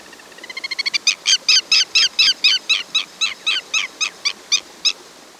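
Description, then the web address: Andean lapwing calling: quick, soft notes speed up and grow louder, then become loud, harsh, ringing calls rapidly repeated, steady to the end. Recorded in Ecuador. "Birds of Ecuador. Andean Lapwing"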